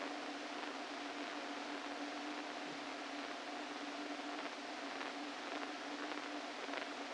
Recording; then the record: brain microelectrode recording played as sound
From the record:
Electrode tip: inside the subthalamic nucleus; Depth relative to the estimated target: -1 mm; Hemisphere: left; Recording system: NeuroSet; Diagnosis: Parkinson's disease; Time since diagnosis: 13 years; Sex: male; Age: 49 years